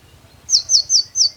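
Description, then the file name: Eurasian blue tit call: four piercing, high notes, each sliding downward, evenly spaced. "Cyanistes caeruleus"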